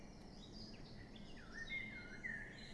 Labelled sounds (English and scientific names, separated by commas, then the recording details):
Eurasian Blackcap (Sylvia atricapilla)
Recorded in Germany
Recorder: ecoPi